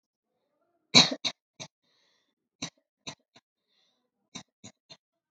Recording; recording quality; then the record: shallow voluntary cough; moderate, slight background noise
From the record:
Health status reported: healthy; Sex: female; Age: 21 years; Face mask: not worn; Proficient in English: yes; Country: India